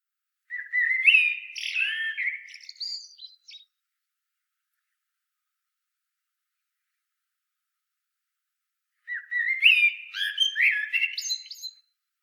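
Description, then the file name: Common blackbird singing two rich, fluty warbled phrases about three seconds long, each ending in a squeaky twitter, with a long silent pause between them. "Turdus merula"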